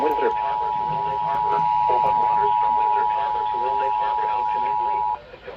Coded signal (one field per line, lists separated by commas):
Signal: Emergency Alert System (SAME) tones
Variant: 853 and 960 Hz attention tone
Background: speech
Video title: EAS Severe Thunderstorm Warning on TV for Indiana (7/14/2024) EAS #411.1